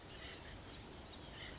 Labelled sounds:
Blue-gray Gnatcatcher (Polioptila caerulea)
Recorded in Sonoma County, California

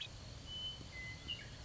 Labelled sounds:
Western Meadowlark (Sturnella neglecta)
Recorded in Sonoma County, California

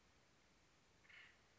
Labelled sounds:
Acorn Woodpecker (Melanerpes formicivorus)
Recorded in Sonoma County, California

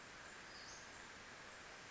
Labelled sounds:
Western Flycatcher (Empidonax difficilis)
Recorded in Sonoma County, California

